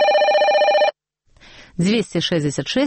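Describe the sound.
A telephone rings with a bright, warbling electronic trill for under a second, then cuts off, as part of a Radio Svaboda (Radio Liberty) station jingle; after a short pause a man begins speaking.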